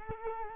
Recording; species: mosquito wingbeat signal from an infrared sensor; Culex quinquefasciatus